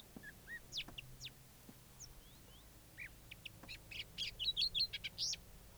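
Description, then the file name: Sabota lark singing soft scattered whistles and slurred notes that build into a louder, rapid cluster of bright twittering notes. Recorded at Halali. "Lark sabota halali"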